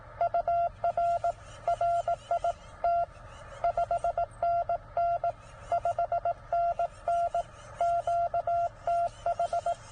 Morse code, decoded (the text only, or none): UR RIT 5NN 5NN QTH